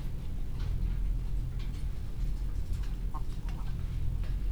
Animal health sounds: poultry house recording; sick chickens (respiratory disease)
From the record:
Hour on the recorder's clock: 15

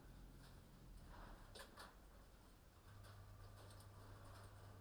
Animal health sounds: poultry house recording; no chicken sound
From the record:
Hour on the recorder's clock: 21

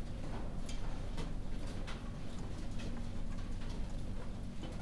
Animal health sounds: poultry house recording; no chicken sound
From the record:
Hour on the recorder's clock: 2

